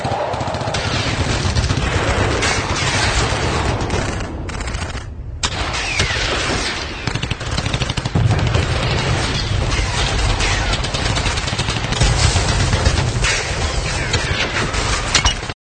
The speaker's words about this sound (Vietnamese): Mấy loạt súng đua nhau xé không khí, loạt đạn đùm đùm, cắt bùm, nổ khiến cho mọi người tưởng dân quân địch đã tiến sát bên cạnh và đã có mặt ở tứ phía.